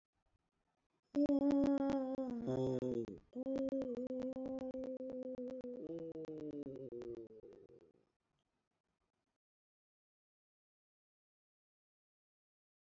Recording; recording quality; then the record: sustained vowel as in boot; excellent, no background noise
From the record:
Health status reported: healthy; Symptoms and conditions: none ticked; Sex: male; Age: 58 years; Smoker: not ticked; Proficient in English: yes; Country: India